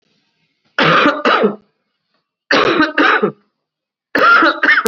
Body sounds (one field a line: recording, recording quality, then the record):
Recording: heavy voluntary cough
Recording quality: excellent, no background noise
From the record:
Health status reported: COVID-19 positive, mild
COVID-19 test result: positive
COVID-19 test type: RT-PCR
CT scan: not taken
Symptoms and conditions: cough, fever, fatigue, muscle pain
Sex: male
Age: 39 years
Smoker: yes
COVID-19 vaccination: both doses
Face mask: worn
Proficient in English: yes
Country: India